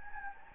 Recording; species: mosquito wingbeat signal from an infrared sensor; Anopheles gambiae